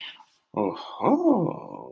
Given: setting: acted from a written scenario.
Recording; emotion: vocal sound without words; positive surprise